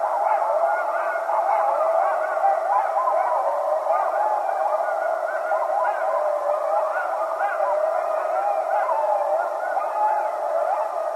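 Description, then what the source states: Coyote group chorus of tremulous, wavering howls layered densely over one another, continuous and steady in loudness throughout. Several coyotes recorded on 15 January 2012.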